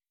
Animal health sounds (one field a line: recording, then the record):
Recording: hydrophone in a shrimp aquaculture tank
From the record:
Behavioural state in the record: weakened